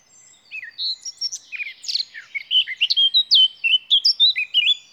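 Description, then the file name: Eurasian blackcap song starting with soft scratchy twitter, then rising into a quick, loud, varied phrase of clear looping whistles that continues to the end. "Sylvia atricapilla"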